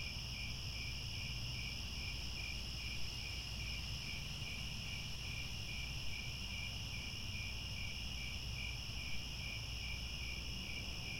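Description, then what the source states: Crickets chirping in a dense, steady chorus, high trilling bands with a pulsing layer, over a low continuous rumble. Chorus of crickets chirping at twilight.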